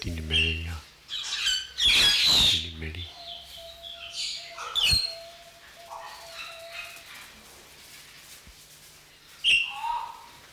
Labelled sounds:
White-headed Buffalo-Weaver (Dinemellia dinemelli)
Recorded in captivity
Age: adult
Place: Zoo Berlin, Berlin, DE
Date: 1994-01-08 10:45
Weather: wolkig bis sonnig, 6 °C
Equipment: Marantz CP 430, Sennheiser MKH 416 T, Kopie Uher Variocord 263
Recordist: Tembrock, Günter

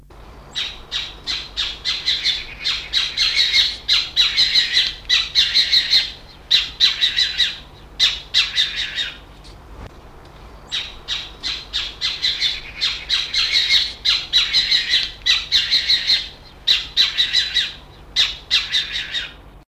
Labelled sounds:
Tawny Owl (Strix aluco) alarm call
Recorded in captivity
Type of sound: alarm call
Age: adult
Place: Zoo Hannover, Niedersachsen, DE
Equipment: Halbspur, 9,5 cm/s
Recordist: Lütgens, Hans
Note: Schreck- oder Warnruf

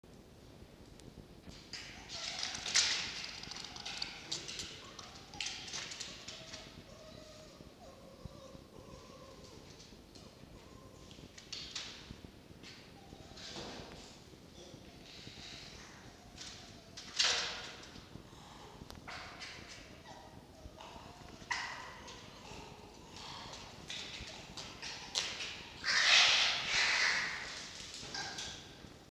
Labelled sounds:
Red Fox (Vulpes vulpes)
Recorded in captivity
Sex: female
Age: adult
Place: Zoologisches Institut der HUB, Berlin, DE
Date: 1952-11-05 19:25
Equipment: Elmetra
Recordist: Tembrock, Günter
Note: Fiffi: geschlossenes Knurren, nk, offenes Knurren; Mucki: Angstwinseln

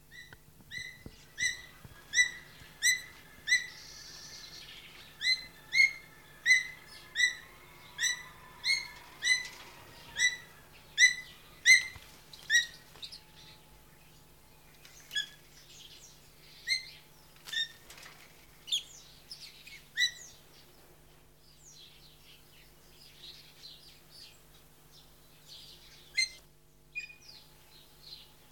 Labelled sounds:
Ornate Hawk-Eagle (Spizaetus ornatus) call
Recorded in captivity
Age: adult
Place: Tierpark Berlin, Berlin, DE
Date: 1983-10-01 10:00
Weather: sonnig, ca. 5°C, leichter Wind
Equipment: Nagra SN, Kopie Uher 4200 Report Monitor
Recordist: Tembrock, Günter

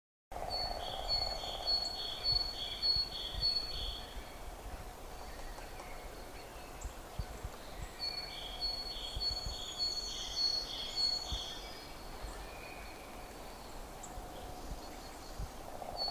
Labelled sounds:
Great Tit (Parus major) song
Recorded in the wild
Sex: male
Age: adult
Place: Prenden, Brandenburg, DE
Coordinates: 52.8347, 13.62
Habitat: wood
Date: 1992-03-07 13:50
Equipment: Aiwa HD-S1, Sennheiser ME 80, 1:1 Kopie
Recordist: Frommolt, Karl-Heinz

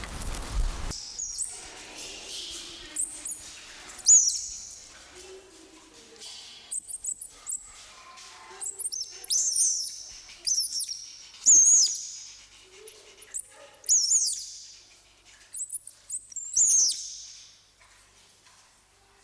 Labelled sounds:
South American Coati (Nasua nasua) call
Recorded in captivity
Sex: pair
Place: Zoo Halle, Sachsen-Anhalt, DE
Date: 1996-03-08 15:31
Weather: sonnig, 3°C
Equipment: Sony WM-D6C, Sennheiser ME 80, Kopie Uher 4000 Report Monitor
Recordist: Tembrock, Günter

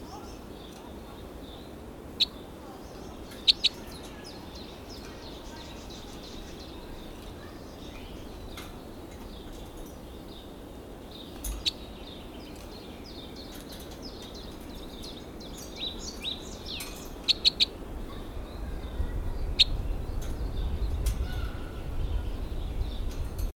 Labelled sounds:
Two-barred Crossbill (Loxia leucoptera)
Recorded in captivity
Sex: female
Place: Serrahn, Mecklenburg-Vorpommern, DE
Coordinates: 53.344, 13.204
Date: 1978-08-04
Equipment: Nagra III BH, Sennheiser MD 21
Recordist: Schubert, Michael

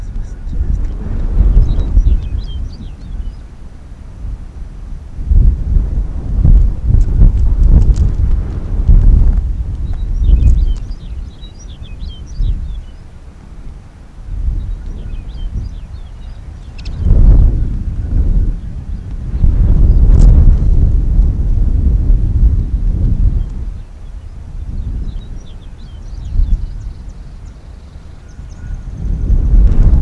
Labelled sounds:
Arctic Fox (Vulpes lagopus)
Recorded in the wild
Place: Insel Mednyi, Kommandeur-Inseln, RU
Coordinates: 54.5167, 168.083
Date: 1999-07-17
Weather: 6°C, dichter Nebel, starker Südwestwind
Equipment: Sony WM-D6C, Sennheiser ME 80, K 30 AV, Windkorb, Kopie Sony TCD-D8
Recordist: Jakupi, Antje

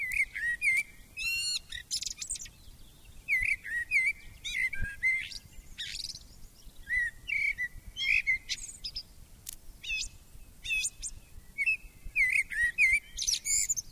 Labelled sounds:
Common Blackbird (Turdus merula) song
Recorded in the wild
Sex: male
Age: adult
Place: Mark (gemeindefreies Gebiet), Bayern, DE
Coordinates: 49.6414, 10.9442
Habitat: forest
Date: 1962-04-11
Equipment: Stellavox SM 5, AKG D19-200, Vorverstärker, langes Kabel, Original, Vollspur
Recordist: Tretzel, Erwin

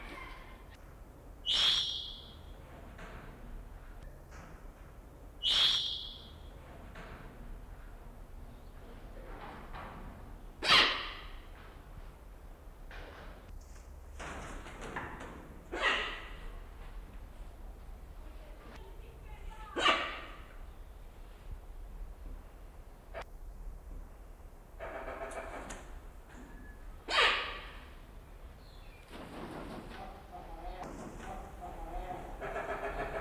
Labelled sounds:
Blyth's Hornbill (Rhyticeros plicatus)
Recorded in captivity
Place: Zoo Berlin, Berlin, DE
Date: 1992-07-11 11:00
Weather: bedeckt, z.T. Regen, 17-22°C
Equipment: Marantz CP 430, Sennheiser ME 80, Kopie Tesla B 116
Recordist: Tembrock, Günter

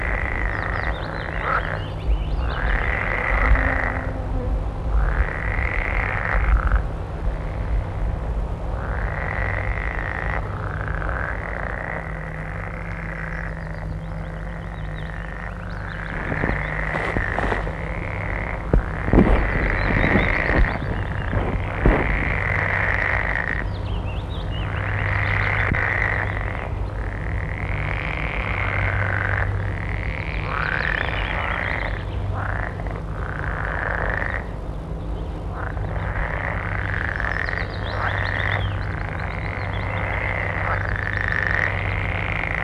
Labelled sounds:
Edible Frog (Pelophylax esculentus) call
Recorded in the wild
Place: Mühlenbecker Land, Brandenburg, DE
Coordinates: 52.6833, 13.4
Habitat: pond
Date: 1964-05-18 17:00
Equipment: Minifon, Kopie Smaragd
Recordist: Tembrock, Günter

